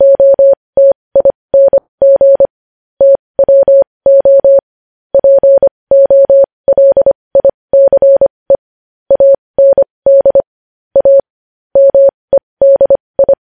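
Morse code beeps in a clean, steady tone around 600, short dots and longer dashes in quick bursts with brief pauses, nothing behind.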